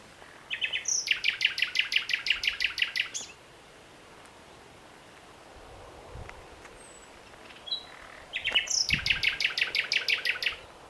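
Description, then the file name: Common nightingale giving two song phrases separated by a pause, each opening with short notes and followed by a long rapid rattle of repeated sharp notes. "Luscinia megarhynchos"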